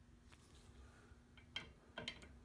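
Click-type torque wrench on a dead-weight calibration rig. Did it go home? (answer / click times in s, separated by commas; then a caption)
yes / 1.6 s. A dead weight loads a click-type torque wrench on a dead-weight calibration rig until its mechanism breaks over, giving a sharp click at 1.6 s over a quiet background with a steady low hum. Two fainter sharp ticks follow at about 2.0 s and 2.1 s. The wrench is confirmed to click at 110, and the setting is then moved down to the next one.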